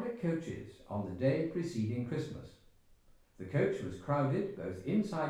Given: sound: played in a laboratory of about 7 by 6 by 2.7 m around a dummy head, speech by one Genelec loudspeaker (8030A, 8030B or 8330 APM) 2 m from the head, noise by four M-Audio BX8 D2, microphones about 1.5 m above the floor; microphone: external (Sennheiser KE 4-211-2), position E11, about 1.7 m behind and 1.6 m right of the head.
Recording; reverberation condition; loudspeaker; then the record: male speech in English; medium; behind (180 degrees)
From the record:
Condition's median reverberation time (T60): about 510 ms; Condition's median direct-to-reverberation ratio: about -0.5 dB